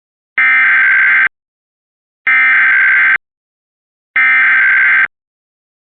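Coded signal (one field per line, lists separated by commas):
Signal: Emergency Alert System (SAME) tones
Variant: header bursts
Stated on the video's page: EAS Amber Alert received via Comcast cable.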